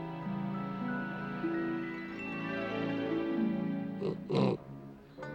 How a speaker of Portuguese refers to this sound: Tem um porco no cercado ao lado. E ele é enorme.